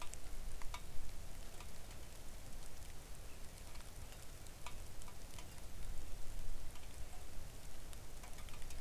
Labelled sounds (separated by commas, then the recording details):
rain
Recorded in the Arctic National Wildlife Refuge, Alaska, on 3 August 2019 at 05:51
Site 41